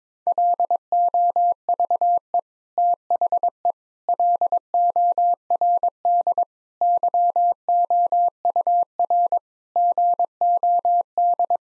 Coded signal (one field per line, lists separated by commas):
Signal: Morse code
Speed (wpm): 22 wpm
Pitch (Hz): 700 Hz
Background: none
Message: LOVE THE LORD YOUR GOD